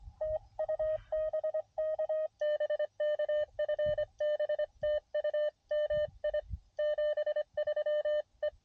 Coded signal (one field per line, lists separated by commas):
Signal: Morse code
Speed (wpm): 24 wpm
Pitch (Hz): 590 Hz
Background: none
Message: TU BK BK FB TU MI 73 E